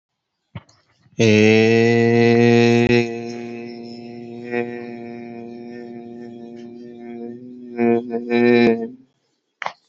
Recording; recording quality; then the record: sustained vowel as in made; excellent, no background noise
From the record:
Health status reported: healthy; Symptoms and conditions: none ticked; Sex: male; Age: 25 years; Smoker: not ticked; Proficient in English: yes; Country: India